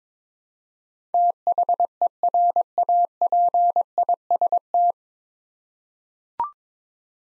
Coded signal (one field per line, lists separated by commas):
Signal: Morse code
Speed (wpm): 22 wpm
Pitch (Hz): 700 Hz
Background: none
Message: THERAPIST